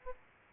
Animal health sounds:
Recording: mosquito wingbeat signal from an infrared sensor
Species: Aedes albopictus

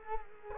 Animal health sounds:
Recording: mosquito wingbeat signal from an infrared sensor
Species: Culex quinquefasciatus

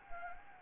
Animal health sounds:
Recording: mosquito wingbeat signal from an infrared sensor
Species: Anopheles gambiae

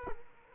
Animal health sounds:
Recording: mosquito wingbeat signal from an infrared sensor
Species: Culex quinquefasciatus

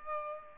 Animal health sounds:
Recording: mosquito wingbeat signal from an infrared sensor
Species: Culex pipiens

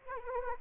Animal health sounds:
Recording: mosquito wingbeat signal from an infrared sensor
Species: Anopheles arabiensis

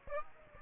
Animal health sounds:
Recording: mosquito wingbeat signal from an infrared sensor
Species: Aedes aegypti

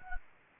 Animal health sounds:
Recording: mosquito wingbeat signal from an infrared sensor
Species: Anopheles gambiae

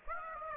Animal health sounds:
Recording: mosquito wingbeat signal from an infrared sensor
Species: Aedes aegypti

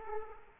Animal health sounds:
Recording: mosquito wingbeat signal from an infrared sensor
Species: Aedes aegypti

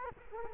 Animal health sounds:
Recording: mosquito wingbeat signal from an infrared sensor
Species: Culex quinquefasciatus

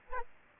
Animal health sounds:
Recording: mosquito wingbeat signal from an infrared sensor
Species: Aedes aegypti

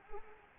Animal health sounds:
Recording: mosquito wingbeat signal from an infrared sensor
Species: Anopheles arabiensis

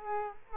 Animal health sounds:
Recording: mosquito wingbeat signal from an infrared sensor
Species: Culex quinquefasciatus

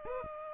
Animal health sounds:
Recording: mosquito wingbeat signal from an infrared sensor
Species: Aedes aegypti

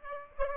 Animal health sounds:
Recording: mosquito wingbeat signal from an infrared sensor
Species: Aedes albopictus

